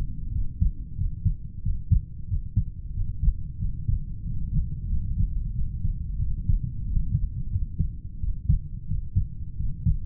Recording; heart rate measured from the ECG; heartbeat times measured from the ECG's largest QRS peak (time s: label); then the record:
heart sounds by stethoscope; 91 bpm
0.31 s: heartbeat
0.96 s: heartbeat
1.62 s: heartbeat
2.27 s: heartbeat
2.93 s: heartbeat
3.58 s: heartbeat
4.23 s: heartbeat
4.87 s: heartbeat
5.52 s: heartbeat
6.17 s: heartbeat
6.90 s: heartbeat
7.51 s: heartbeat
8.19 s: heartbeat
8.86 s: heartbeat
9.56 s: heartbeat
From the record:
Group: heart failure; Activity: rest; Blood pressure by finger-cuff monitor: 72/45 mmHg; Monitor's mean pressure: 52 mmHg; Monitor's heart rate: 91 bpm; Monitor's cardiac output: 7.4 L/min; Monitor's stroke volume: 80 mL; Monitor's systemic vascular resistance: 470 dyn s/cm5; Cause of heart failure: idiopathic cardiomyopathy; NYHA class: 2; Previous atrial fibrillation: present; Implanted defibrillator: present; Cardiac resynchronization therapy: present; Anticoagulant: warfarin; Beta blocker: metoprolol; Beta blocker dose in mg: 50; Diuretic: furosemide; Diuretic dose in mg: 40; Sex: male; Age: 62 years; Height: 184 cm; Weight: 101 kg